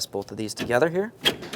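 On a 2010-2013 Kia Forte Koup, the plastic/metal mounting tab of an AC condenser is pressed toward its radiator bracket while someone talks over light handling noise, with a brief sharp sound near 1.5 s. Nothing has seated or clicked yet; the part is not yet home.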